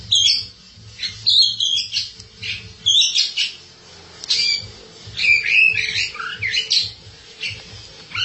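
Oriental magpie-robin song of harsh, varied chattering phrases mixed with sweet whistled notes, delivered in quick bursts over a low background hum.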